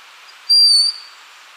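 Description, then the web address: Broad-winged hawk call: a single short, piercing high whistle, level in pitch, about half a second long, against faint hiss. Ecuador. "Birds of Ecuador. Broad-winged Hawk"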